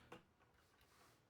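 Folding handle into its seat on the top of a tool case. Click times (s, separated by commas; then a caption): 0.1 s. The folding carry handle on top of a tool case is pulled up toward the center of the top and snaps into its seat. A single sharp snap lands at 0.1 s, followed by a quiet, steady background hiss for the rest of the clip. The handle is seated.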